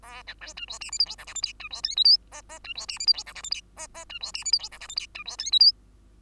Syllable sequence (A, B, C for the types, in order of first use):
A B C D E F G H I J K L M D E N O P Q Q D E F G H I J K L M Q Q D E F G H I J K L M D E N O P